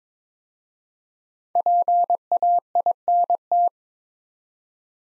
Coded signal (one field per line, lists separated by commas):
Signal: Morse code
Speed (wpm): 22 wpm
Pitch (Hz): 700 Hz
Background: none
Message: PAINT